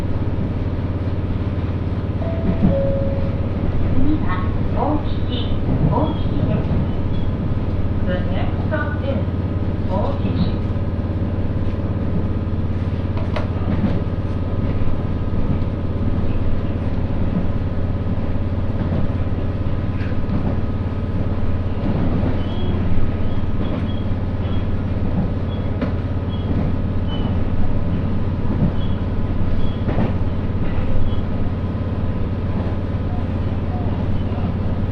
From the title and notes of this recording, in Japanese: 耳で楽しむ鉄道旅 室蘭本線 小幌→洞爺。